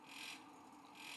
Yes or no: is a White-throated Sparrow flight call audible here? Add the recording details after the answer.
no. No flight call is heard. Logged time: 02:56 on 5 December 2014